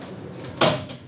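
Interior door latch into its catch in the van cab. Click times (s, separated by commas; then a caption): 0.6 s. An interior door latch in the cab of a 2024 RAM 3500 ProMaster EV delivery van is swung shut into its catch, landing with a loud knock at 0.6 s. The latch locks in place, but the door can still move around while driving.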